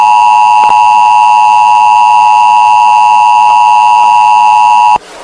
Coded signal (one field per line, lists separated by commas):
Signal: Emergency Alert System (SAME) tones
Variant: 853 and 960 Hz attention tone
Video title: Scott makes a fake emergency alert system and gets grounded